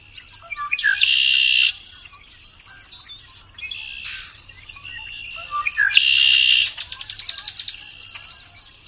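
Red-winged Blackbird giving two loud buzzy songs about five seconds apart, each opened by a short note, with softer chirping between and a rattling tail after the second.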